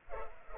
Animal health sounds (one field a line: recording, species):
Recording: mosquito wingbeat signal from an infrared sensor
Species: Culex pipiens